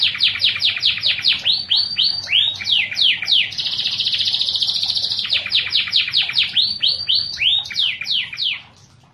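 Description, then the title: Canary song, a fast run of downward-sweeping notes, a sustained buzzy rolling trill in the middle, then more sweeping phrases before fading out. "Kenari"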